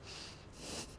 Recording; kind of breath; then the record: one breath in and out by a microphone near the nose and mouth; strong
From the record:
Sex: male